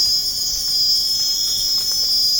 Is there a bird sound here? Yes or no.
no